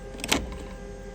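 The locking lever on an ink bottle slot in a Mimaki JFX200ex flatbed printer is pushed all the way forward after the ink bottle is dropped into its slot. Two sharp clicks sound at 0.2 s and 0.3 s over a steady machine hum. The lever locks forward and the new ink bottle is seated in place.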